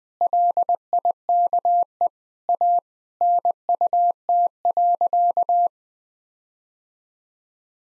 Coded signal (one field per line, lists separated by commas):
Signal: Morse code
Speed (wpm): 21 wpm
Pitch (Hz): 700 Hz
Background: none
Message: LIKE A NUT.